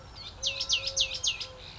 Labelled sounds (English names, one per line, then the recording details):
Eurasian Collared Dove
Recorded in Sonoma County, California